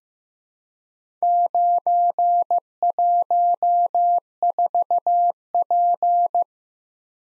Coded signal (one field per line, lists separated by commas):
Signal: Morse code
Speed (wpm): 15 wpm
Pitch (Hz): 700 Hz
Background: none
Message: 914P